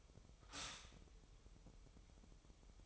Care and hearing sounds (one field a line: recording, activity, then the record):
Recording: daily activity, microphone in the room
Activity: stop toaster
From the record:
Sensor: 1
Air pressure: 988.6 hPa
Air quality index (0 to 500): 197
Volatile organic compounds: 939 ppm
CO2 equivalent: 5236 ppm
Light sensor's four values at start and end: 25/94/35/37 and 25/94/35/37